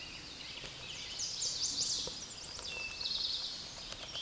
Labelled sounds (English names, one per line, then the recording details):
Eastern Towhee song
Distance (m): 10 m
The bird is about level with the microphone
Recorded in a Pennsylvania forest on 16 May 2024 at 08:57
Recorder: AudioMoth, point MSD-1534
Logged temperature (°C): 15.6 °C
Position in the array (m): 35 m, 30 m